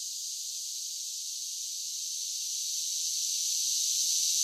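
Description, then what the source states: Cicadas in a dense chorus, a steady high hissing buzz without breaks that swells slightly louder toward the end. Large groups of cicadas singing together.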